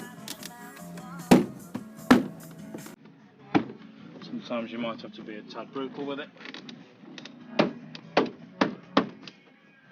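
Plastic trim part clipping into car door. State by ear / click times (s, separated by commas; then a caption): seated / 9.0 s. During a speaker upgrade on a Porsche 987 Boxster, a plastic trim or speaker-surround part is forced firmly into the car door, needing a bit of brutal force to go in, while someone talks. A series of sharp plastic impacts builds to a loud snap at 9.0 s as the part clips into place and is seated.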